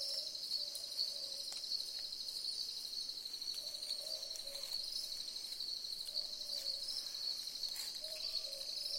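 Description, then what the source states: Southern boobooks calling, soft low double hoots repeated every few seconds against a dense, ringing insect chorus. Several owls calling together in a chorus.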